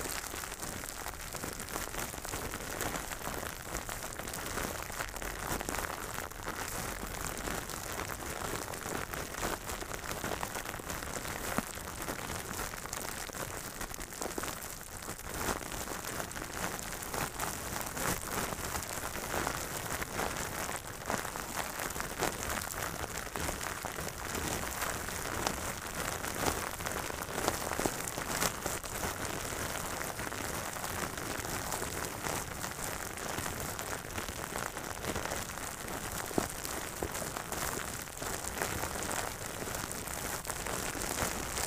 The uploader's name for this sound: crinkle sounds (plastic, bubble wrap, no talking)